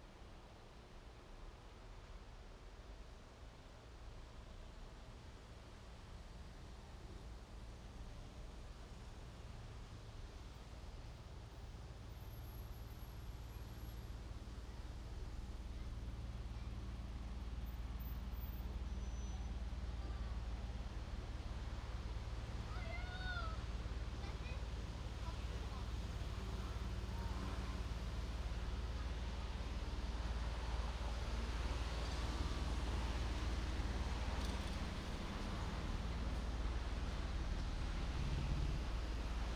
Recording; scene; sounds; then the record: everyday scene through a hearing-aid microphone; in traffic; traffic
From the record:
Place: main road on the outskirts, rush hour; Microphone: in the ear canal, right